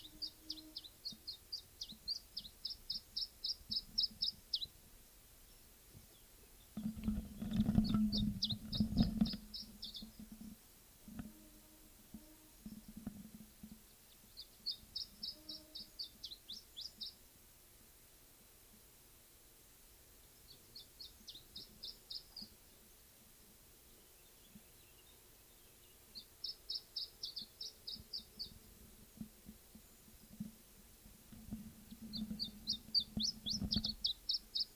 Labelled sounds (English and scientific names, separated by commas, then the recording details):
Iberian Chiffchaff (Phylloscopus ibericus) song
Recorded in the wild
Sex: male
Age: adult
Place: Bei Ramales, Nordspanien, Kantabrien, ES
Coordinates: 43.25, -3.46667
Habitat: mountain side
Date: 1964-05-06
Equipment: Nagra III PH, Parabolspiegelmikrophon, LGS26
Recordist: Faber, A., Sapper and Schneider, H.-J